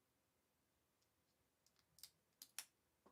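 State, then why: Seated. Small plastic headlight pieces are pressed into the front of an Optimus Prime model truck, with faint light ticks and taps leading up to two sharp plastic snaps at 2.4 s and 2.6 s. The headlight pieces snap into place and are all seated.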